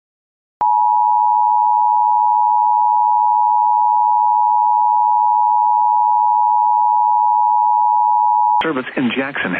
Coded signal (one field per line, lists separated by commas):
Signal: Emergency Alert System (SAME) tones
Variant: 853 and 960 Hz attention tone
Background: speech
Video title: [MILESTONE REACHED] EAS Alerts From 6/14/23 (EAS #1687-1718)